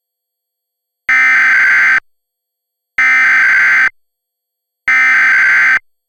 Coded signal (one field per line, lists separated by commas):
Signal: Emergency Alert System (SAME) tones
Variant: header bursts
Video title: EAS Mock 1: The PDS TOR